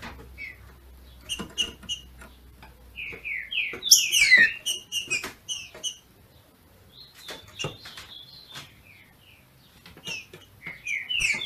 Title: FÊ MEA DE TRINCA FERRO MACHEANDO PARA ESQUENTAR O MACHO